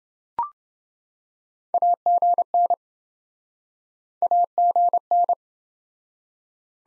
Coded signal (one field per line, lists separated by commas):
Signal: Morse code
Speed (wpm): 26 wpm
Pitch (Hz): 700 Hz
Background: none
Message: AGN AGN